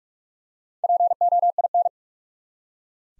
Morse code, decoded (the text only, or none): POIN